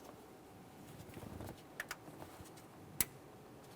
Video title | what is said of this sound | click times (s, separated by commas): How to Replace Upstream O2 Sensor 2015-2019 Subaru Outback 2.5L H4 | There's our click. | 3.0 s